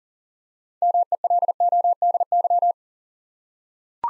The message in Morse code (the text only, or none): MELODY